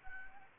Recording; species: mosquito wingbeat signal from an infrared sensor; Anopheles gambiae